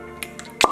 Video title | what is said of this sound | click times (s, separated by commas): 5150 Whips! AND Gradmas Whips!? WHAT?! (2104 XP1k/2018 Turbo) | Christ when it when it clicks it clicks let's see if we get that for you again and then | 0.6 s